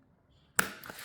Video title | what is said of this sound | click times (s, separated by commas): How to Set Samsonite B-Lite 5 TSA Lock (And Never Forget the Code!) | can see this button will pop right back up. | 0.6 s